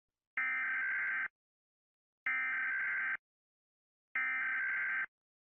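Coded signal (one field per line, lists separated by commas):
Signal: Emergency Alert System (SAME) tones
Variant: header bursts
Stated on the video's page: Fictional SCP-based EAS scenario.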